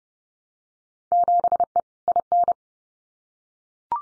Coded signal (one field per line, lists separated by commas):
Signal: Morse code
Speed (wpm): 30 wpm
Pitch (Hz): 700 Hz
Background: none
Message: 7E IN